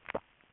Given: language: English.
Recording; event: throat vibration sensor signal played as sound; swallow